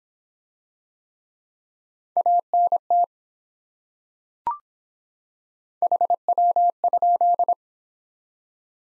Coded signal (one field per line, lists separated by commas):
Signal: Morse code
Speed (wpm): 24 wpm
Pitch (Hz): 700 Hz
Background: none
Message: ANT HW?